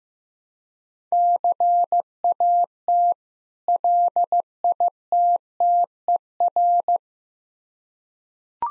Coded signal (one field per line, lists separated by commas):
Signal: Morse code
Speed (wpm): 15 wpm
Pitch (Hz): 700 Hz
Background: none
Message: CAT LITTER